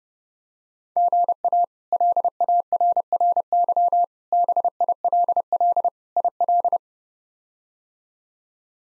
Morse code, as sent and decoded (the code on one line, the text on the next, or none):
--. .- / .-.. .- .-. .-. -.-- / -... .. .-.. .-.. / .. .-..
GA LARRY BILL IL